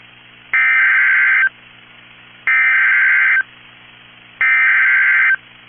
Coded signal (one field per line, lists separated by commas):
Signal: Emergency Alert System (SAME) tones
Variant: header bursts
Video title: !EXTREMELY RARE! Civil Danger Warning for a phone outage in Rice County #EAS 205